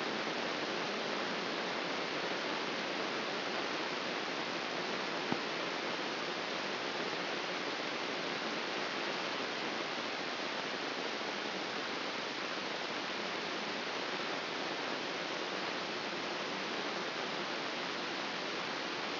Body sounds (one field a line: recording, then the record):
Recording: brain microelectrode recording played as sound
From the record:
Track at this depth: inside the subthalamic nucleus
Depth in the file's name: 3.625 mm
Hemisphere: left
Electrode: 3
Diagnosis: Parkinson's disease